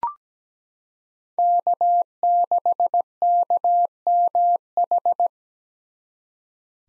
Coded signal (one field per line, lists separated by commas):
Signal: Morse code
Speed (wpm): 17 wpm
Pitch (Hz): 700 Hz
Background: none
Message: K6KMH